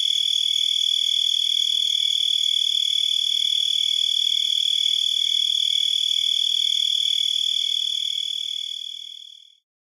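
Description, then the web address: Four-spotted tree cricket singing a continuous, steady high-pitched trill that holds an even tone without breaks for several seconds, then fades out at the end. North America. "Songs of Insects. Four-spotted Tree Cricket"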